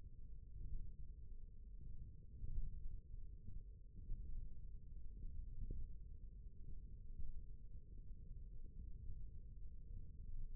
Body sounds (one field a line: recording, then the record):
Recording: forearm muscle sounds (acoustic myography)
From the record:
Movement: thumb flexion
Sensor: system 1, eight BSWA MPA416 microphones around the upper forearm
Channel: 4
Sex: male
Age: 20 years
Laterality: left